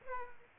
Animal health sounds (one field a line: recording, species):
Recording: mosquito wingbeat signal from an infrared sensor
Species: Aedes aegypti